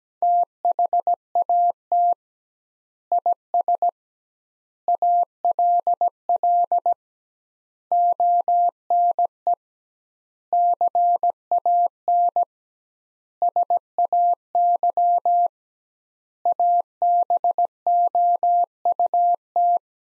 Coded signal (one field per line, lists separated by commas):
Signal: Morse code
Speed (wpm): 17 wpm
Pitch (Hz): 700 Hz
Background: none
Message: THAT IS ALL ONE CAN SAY ABOUT